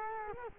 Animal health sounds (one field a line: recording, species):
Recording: mosquito wingbeat signal from an infrared sensor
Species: Culex quinquefasciatus